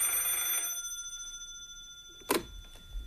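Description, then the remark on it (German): An old telephone bell in an inn's taproom rings once in a short metallic burst that fades away, followed after a pause by a sharp clack and faint rustling, like the handset being lifted. “Endlich klingelte das Telefon.”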